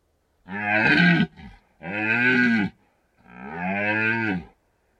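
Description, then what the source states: Red deer stag bellowing three long, deep, harmonic roars in quick succession, each about a second long with short pauses between. Stags rutting in the Carpathian Mountains, Bucovina, Romania.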